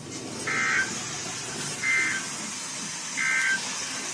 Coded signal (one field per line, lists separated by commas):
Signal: Emergency Alert System (SAME) tones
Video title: Must’ve Been The Wind (EAS 366-379)